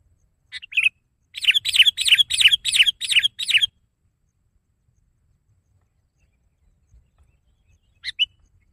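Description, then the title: Sooty-headed bulbul chirping: a couple of notes, then a fast run of several buzzy, ringing notes over about two seconds, silence, and a final short chirp. "kutilang"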